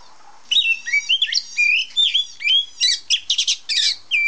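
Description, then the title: Oriental magpie-robin giving a quick run of sweet whistled notes, slurred up and down, then harsher buzzy bursts, ending on a clear whistle. Female of the black form. "Kacer Betina. suara burung kacer hitam betina"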